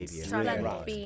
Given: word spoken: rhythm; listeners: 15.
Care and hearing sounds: one English word in noise, from a listening test; four-talker babble; -2.8 dB; 0 of 15; 8 of 15; 0.66 s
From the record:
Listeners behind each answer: 8, 1, 1, 1, 1, 1, 1, 1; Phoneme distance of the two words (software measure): 37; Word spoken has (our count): 2 syllables, 5 phonemes, stress on syllable 1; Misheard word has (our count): 2 syllables, 4 phonemes, stress on syllable 1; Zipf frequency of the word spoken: 4.26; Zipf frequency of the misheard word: 4.34

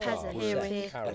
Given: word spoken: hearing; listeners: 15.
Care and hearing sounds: one English word in noise, from a listening test; four-talker babble; -0.9 dB; 0 of 15; 10 of 15; 0.75 s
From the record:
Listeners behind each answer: 10, 1, 1, 1, 1, 1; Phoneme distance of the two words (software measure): 50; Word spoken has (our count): 2 syllables, 5 phonemes, stress on syllable 1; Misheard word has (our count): 2 syllables, 5 phonemes, stress on syllable 1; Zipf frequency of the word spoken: 4.65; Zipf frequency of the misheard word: 3.43

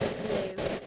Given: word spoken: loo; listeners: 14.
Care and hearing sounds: one English word in noise, from a listening test; noise modulated by three-talker babble; -3.5 dB; 0 of 14; 11 of 14; 0.47 s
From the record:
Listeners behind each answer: 11, 2, 1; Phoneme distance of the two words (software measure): 17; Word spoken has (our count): 1 syllable, 2 phonemes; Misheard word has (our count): 1 syllable, 3 phonemes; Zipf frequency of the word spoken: 4.10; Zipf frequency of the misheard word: 5.98

